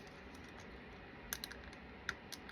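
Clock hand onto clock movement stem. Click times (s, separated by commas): 1.3 s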